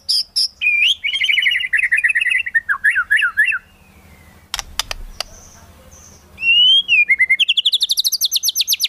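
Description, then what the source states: White-rumped shama singing varied warbled phrases, sharp clicks midway, then a slurred whistle leading into a quick high repeated trill. Song used as a lure for trapping.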